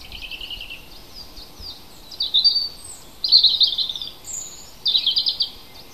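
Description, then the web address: Birdsong: quieter high chirping at first, then three bright, high, jumbled bursts, each under a second long. Native hedgerow birds recorded in April. "oeko hecke vogel april vogel heimisch"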